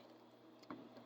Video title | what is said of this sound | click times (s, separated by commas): N54 LPFP Walbro e85 DIY Fuel Pump Kit Install Part 4 of | how nicely it locks into place there. | 0.6 s, 0.7 s